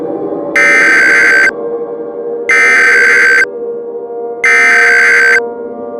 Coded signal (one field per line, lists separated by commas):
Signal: Emergency Alert System (SAME) tones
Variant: header bursts